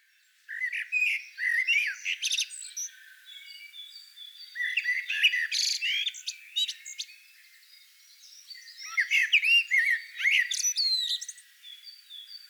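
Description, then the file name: Eurasian blackbird singing three long, busy phrases of warbled notes and high squeaky twitters, with brief pauses between them. "Turdus merula"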